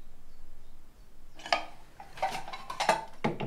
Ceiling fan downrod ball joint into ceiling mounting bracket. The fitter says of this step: entends un clic quand l'encoche de la rotule s'enclenche dans la platine